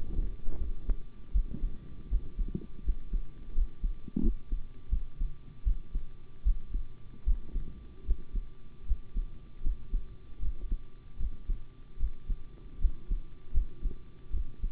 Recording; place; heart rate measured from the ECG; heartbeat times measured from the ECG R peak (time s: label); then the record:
heart sounds by stethoscope; between the tricuspid and mitral areas; 79 bpm
0.58 s: heartbeat
1.32 s: heartbeat
2.09 s: heartbeat
2.83 s: heartbeat
3.53 s: heartbeat
4.21 s: heartbeat
4.89 s: heartbeat
5.64 s: heartbeat
6.43 s: heartbeat
7.24 s: heartbeat
8.05 s: heartbeat
8.86 s: heartbeat
9.62 s: heartbeat
10.40 s: heartbeat
11.17 s: heartbeat
11.97 s: heartbeat
12.79 s: heartbeat
13.52 s: heartbeat
14.31 s: heartbeat
From the record:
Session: rest, sitting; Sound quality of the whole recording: good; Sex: male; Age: 25 years